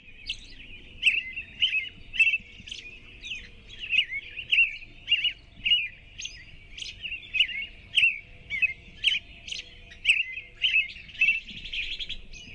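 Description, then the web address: American robin: a sustained series of short, caroling whistled phrases, rising and falling slightly, repeated almost twice per second over a quiet background with occasional clicks. "naturesounds AMRO-song"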